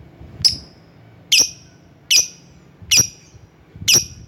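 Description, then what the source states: Lovebird calls, five loud harsh squeaks repeated a little under once a second, with low background rumble. Lovebird calling a rival.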